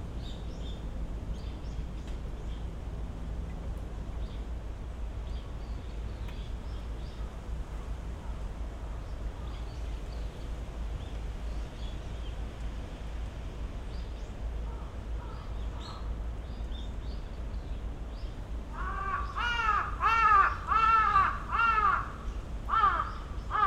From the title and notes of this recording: Takano Shrine on a Windy December Day. Recorded with an Audio-Technica PB4025 stereo microphone and a Tascam DR-70D recorder. Wind blowing through high trees in the sacred grove; noisy aircraft, traffic, and other human sounds; several species of birds; and the clatter of wooden prayer tablets that hang near the main sanctuary.